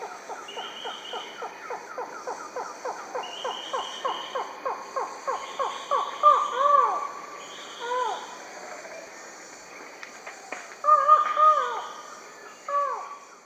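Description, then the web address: Buckley's forest falcon calling: a fast series of short clipped notes, then separate drawn-out downslurred notes, with buzzing insects in the background. Calls and song, recorded in the eastern lowlands of South America. "Natures Songs S America Eastern Lowlands. Micrastur buckleyi, calls and song"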